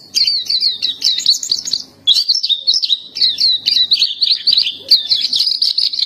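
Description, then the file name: Black-capped white-eye song: rapid, sweet, high twittering phrases run almost nonstop, with one brief break around two seconds. "suara pleci dahi topi hitam"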